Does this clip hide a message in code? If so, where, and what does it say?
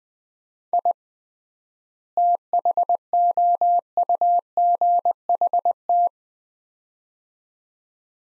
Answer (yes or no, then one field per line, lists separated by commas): yes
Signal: Morse code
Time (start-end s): 0.7-6.1 s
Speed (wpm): 20 wpm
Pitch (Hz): 700 Hz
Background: none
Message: I THOUGHT